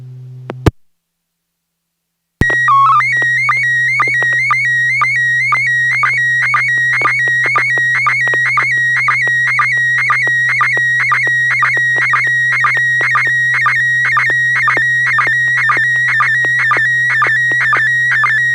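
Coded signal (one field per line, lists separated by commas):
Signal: SSTV (slow-scan television)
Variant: PD120 mode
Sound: brief click, silence, steady calibration tone, then warbling tones with regular sync ticks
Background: low steady hum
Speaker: Let me make sure I got tone here, so I'm going to let it drop and then do tone. PD 120.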